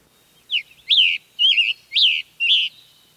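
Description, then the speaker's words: Scarlet tanager song: five hoarse, burry, robin-like phrases delivered quickly, with short pauses between them in otherwise quiet surroundings. Evening in woods; first to greet the listener, singing from a nearby pine; sounds like a robin in a hurry with a cold. "The scarlet tanager is the first to greet us from a nearby pine, singing like a robin in a hurry with a cold."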